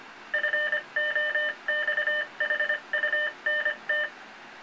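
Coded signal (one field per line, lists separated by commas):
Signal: Morse code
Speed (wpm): 25 wpm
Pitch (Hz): 1800 Hz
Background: none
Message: FOX HUNT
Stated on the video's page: Fox hunt transmitter ID, Arduino-powered controller keying an old Heath handheld transmitter.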